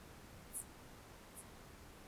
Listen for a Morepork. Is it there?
no